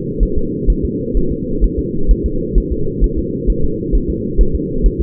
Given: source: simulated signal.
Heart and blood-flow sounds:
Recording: fetal heart sounds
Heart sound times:
0.23 s: S1
0.38 s: S2
0.70 s: S1
0.85 s: S2
1.17 s: S1
1.32 s: S2
1.64 s: S1
1.79 s: S2
2.11 s: S1
2.26 s: S2
2.58 s: S1
2.72 s: S2
3.04 s: S1
3.19 s: S2
3.50 s: S1
3.64 s: S2
3.95 s: S1
4.10 s: S2
4.41 s: S1
4.55 s: S2
4.86 s: S1
5.01 s: S2
From the record:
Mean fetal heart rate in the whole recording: 130 bpm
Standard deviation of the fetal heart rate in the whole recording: 2 bpm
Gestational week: 36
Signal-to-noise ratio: -8.1 dB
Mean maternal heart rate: 72 bpm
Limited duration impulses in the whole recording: absent

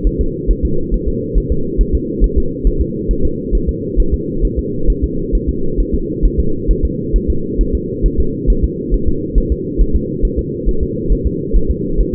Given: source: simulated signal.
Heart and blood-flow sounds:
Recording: fetal heart sounds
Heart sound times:
0.07 s: S1
0.21 s: S2
0.51 s: S1
0.65 s: S2
0.94 s: S1
1.08 s: S2
1.38 s: S1
1.52 s: S2
1.81 s: S1
1.95 s: S2
2.24 s: S1
2.38 s: S2
2.67 s: S1
2.81 s: S2
3.11 s: S1
3.25 s: S2
3.55 s: S1
3.69 s: S2
4.00 s: S1
4.14 s: S2
4.45 s: S1
4.59 s: S2
4.90 s: S1
5.04 s: S2
5.35 s: S1
5.49 s: S2
5.80 s: S1
5.94 s: S2
6.25 s: S1
6.40 s: S2
6.71 s: S1
6.85 s: S2
7.16 s: S1
7.30 s: S2
7.61 s: S1
7.75 s: S2
8.06 s: S1
8.20 s: S2
8.50 s: S1
8.64 s: S2
8.94 s: S1
9.08 s: S2
9.38 s: S1
9.52 s: S2
9.81 s: S1
9.95 s: S2
10.25 s: S1
10.39 s: S2
10.69 s: S1
10.83 s: S2
11.12 s: S1
11.27 s: S2
11.56 s: S1
11.70 s: S2
12.00 s: S1
12.15 s: S2
From the record:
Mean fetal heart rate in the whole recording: 135 bpm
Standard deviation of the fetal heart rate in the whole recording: 3 bpm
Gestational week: 36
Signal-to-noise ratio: -8.1 dB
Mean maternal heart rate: 72 bpm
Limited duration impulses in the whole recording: absent

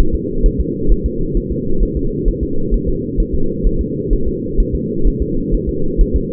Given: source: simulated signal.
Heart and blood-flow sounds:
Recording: fetal heart sounds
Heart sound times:
0.00 s: S1
0.15 s: S2
0.46 s: S1
0.60 s: S2
0.92 s: S1
1.06 s: S2
1.37 s: S1
1.52 s: S2
1.83 s: S1
1.97 s: S2
2.28 s: S1
2.43 s: S2
2.74 s: S1
2.89 s: S2
3.20 s: S1
3.35 s: S2
3.66 s: S1
3.81 s: S2
4.13 s: S1
4.28 s: S2
4.60 s: S1
4.75 s: S2
5.07 s: S1
5.22 s: S2
5.54 s: S1
5.69 s: S2
6.01 s: S1
6.16 s: S2
From the record:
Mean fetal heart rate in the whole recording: 130 bpm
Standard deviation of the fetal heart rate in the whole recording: 2 bpm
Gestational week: 38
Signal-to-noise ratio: -8.1 dB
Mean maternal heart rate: 72 bpm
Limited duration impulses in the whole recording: absent

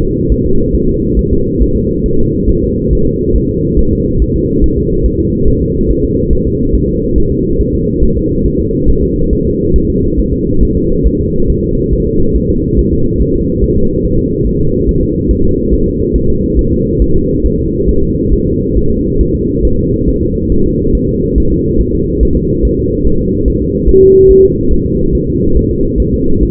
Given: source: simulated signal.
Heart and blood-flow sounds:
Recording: fetal heart sounds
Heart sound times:
0.02 s: S2
0.32 s: S1
0.46 s: S2
0.75 s: S1
0.89 s: S2
1.19 s: S1
1.33 s: S2
1.62 s: S1
1.76 s: S2
2.06 s: S1
2.20 s: S2
2.50 s: S1
2.63 s: S2
2.93 s: S1
3.07 s: S2
3.36 s: S1
3.50 s: S2
3.79 s: S1
3.93 s: S2
4.22 s: S1
4.36 s: S2
4.64 s: S1
4.78 s: S2
5.06 s: S1
5.20 s: S2
5.48 s: S1
5.62 s: S2
5.91 s: S1
6.05 s: S2
6.33 s: S1
6.47 s: S2
6.75 s: S1
6.89 s: S2
7.18 s: S1
7.32 s: S2
7.61 s: S1
7.75 s: S2
8.03 s: S1
8.17 s: S2
8.46 s: S1
8.60 s: S2
8.89 s: S1
9.03 s: S2
9.33 s: S1
9.47 s: S2
9.76 s: S1
9.90 s: S2
10.19 s: S1
10.33 s: S2
10.63 s: S1
10.77 s: S2
11.06 s: S1
11.20 s: S2
11.50 s: S1
11.64 s: S2
11.93 s: S1
12.07 s: S2
12.36 s: S1
12.50 s: S2
12.79 s: S1
12.93 s: S2
13.22 s: S1
13.36 s: S2
13.64 s: S1
13.78 s: S2
14.05 s: S1
14.19 s: S2
14.47 s: S1
14.61 s: S2
14.89 s: S1
15.03 s: S2
15.31 s: S1
15.45 s: S2
15.73 s: S1
15.88 s: S2
16.16 s: S1
16.30 s: S2
16.59 s: S1
16.73 s: S2
17.02 s: S1
17.16 s: S2
17.46 s: S1
17.60 s: S2
17.89 s: S1
18.03 s: S2
18.33 s: S1
18.47 s: S2
18.77 s: S1
18.91 s: S2
19.21 s: S1
19.35 s: S2
19.65 s: S1
19.79 s: S2
20.09 s: S1
20.23 s: S2
20.52 s: S1
20.66 s: S2
20.95 s: S1
21.09 s: S2
21.38 s: S1
21.52 s: S2
21.81 s: S1
21.95 s: S2
22.23 s: S1
22.37 s: S2
22.65 s: S1
22.79 s: S2
23.07 s: S1
23.21 s: S2
23.48 s: S1
23.62 s: S2
23.89 s: S1
24.03 s: S2
24.31 s: S1
24.45 s: S2
24.73 s: S1
24.87 s: S2
25.15 s: S1
25.29 s: S2
25.57 s: S1
25.71 s: S2
26.00 s: S1
26.14 s: S2
26.43 s: S1
From the record:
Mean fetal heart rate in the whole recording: 140 bpm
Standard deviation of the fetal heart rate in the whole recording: 2 bpm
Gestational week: 34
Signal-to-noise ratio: -16.4 dB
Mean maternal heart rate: 72 bpm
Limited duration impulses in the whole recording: present

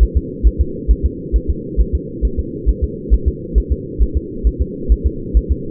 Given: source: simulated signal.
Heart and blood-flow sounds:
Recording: fetal heart sounds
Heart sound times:
0.03 s: S1
0.17 s: S2
0.47 s: S1
0.61 s: S2
0.91 s: S1
1.06 s: S2
1.36 s: S1
1.50 s: S2
1.81 s: S1
1.95 s: S2
2.25 s: S1
2.39 s: S2
2.69 s: S1
2.84 s: S2
3.14 s: S1
3.28 s: S2
3.58 s: S1
3.72 s: S2
4.02 s: S1
4.17 s: S2
4.47 s: S1
4.62 s: S2
4.92 s: S1
5.06 s: S2
5.37 s: S1
5.52 s: S2
From the record:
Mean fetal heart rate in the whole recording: 135 bpm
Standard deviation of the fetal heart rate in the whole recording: 3 bpm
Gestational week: 34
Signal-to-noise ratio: -4.3 dB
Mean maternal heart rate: 72 bpm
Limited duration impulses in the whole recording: absent

